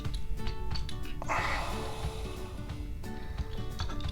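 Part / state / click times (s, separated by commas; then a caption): plastic figure panel into figure body / not seated / none. A plastic panel of a Transformers '86 Hot Rod Deluxe Class action figure is handled and pushed toward the figure body during its transformation, with light plastic taps and a short scraping rustle over steady background music. Nothing has seated or clicked into place yet by the end of the clip.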